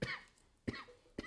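An adult woman gives three short, harsh coughs about half a second apart, each a sudden burst that fades quickly, in a quiet small room. This is a reflex cough from choking on air after breathing in the wrong way, clearing the airway.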